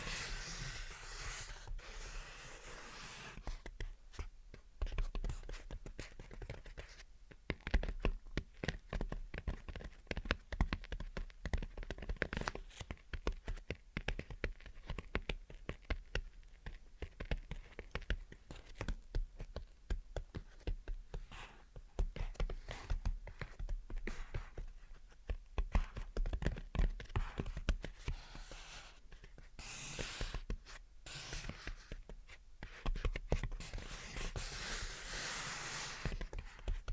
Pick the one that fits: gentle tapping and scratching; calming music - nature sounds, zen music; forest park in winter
gentle tapping and scratching